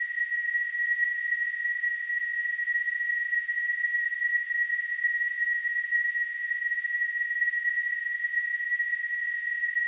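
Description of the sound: A steady, unbroken high-pitched tone near 2 kHz, with a faint hiss around it, holds unchanged for about ten seconds. It is a simulated tinnitus sound, imitating the constant ringing some people perceive in their ears.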